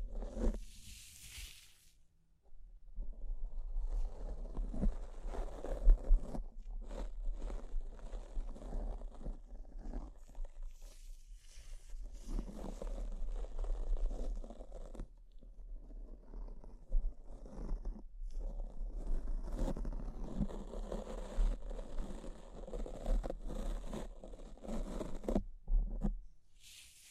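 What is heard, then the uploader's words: Scratching sounds, with no talking, come as a dense, crackly, papery rasp that rises and falls in bursts. Short pauses break it near 2, 15 and 18 seconds, with a brief airy hiss at the start and the end. A steady low hum runs underneath throughout. ASMR S E N S I T I V E Brain Scratch (No Talking).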